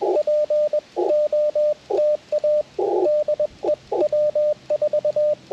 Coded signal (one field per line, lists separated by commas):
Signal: Morse code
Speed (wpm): 21 wpm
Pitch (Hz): 600 Hz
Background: radio noise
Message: POTA DE W4